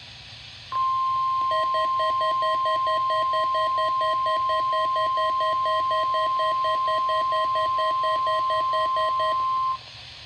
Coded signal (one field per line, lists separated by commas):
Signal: Emergency Alert System (SAME) tones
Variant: 1050 Hz attention tone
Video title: Dual RWT Failures | EAS #154-155